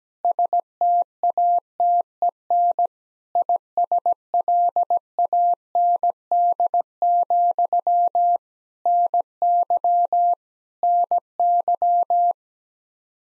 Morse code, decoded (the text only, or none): STATEN ISLAND, NY NY